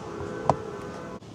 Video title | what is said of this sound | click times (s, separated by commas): Aftermarket Tesla Mudflaps – Easy $30 Upgrade! | it came with or the little Fastener that they gave us push until you hear the snap | 0.5 s